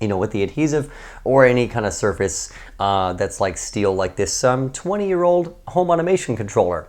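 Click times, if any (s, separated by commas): none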